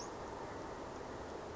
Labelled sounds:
Western Flycatcher
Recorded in Sonoma County, California

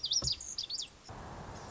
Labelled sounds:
Lazuli Bunting
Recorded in Sonoma County, California

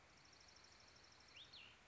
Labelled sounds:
Cassin's Vireo
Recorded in Sonoma County, California

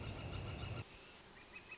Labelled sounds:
Northern Flicker
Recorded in Sonoma County, California

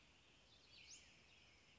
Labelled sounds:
Western Flycatcher
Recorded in Sonoma County, California

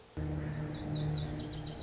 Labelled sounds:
Lazuli Bunting
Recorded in Sonoma County, California

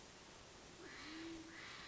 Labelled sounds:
Band-tailed Pigeon
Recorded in Sonoma County, California

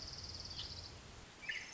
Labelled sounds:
Orange-crowned Warbler
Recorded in Sonoma County, California

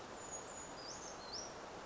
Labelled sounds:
Brown Creeper
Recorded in Sonoma County, California

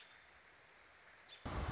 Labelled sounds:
American Robin
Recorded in Sonoma County, California

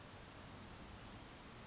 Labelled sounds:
Western Flycatcher
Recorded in Sonoma County, California

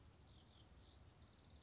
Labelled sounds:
House Wren
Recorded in Sonoma County, California

